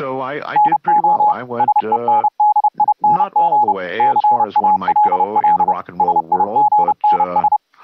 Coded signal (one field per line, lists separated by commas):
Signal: Morse code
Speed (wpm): 31 wpm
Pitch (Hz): 840 Hz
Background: speech, radio noise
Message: NO SENDING CALL SIGNS